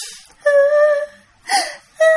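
Soft, echoing crying heard around 8 o'clock at night while the place was quiet: a long, thin, high wail followed by two shorter sobbing cries, each breathy and tremulous, with quiet gaps between them.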